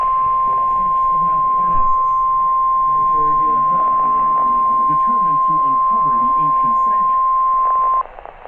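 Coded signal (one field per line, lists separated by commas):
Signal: Emergency Alert System (SAME) tones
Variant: 1050 Hz attention tone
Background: speech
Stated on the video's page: NOAA Weather Radio severe weather alerts.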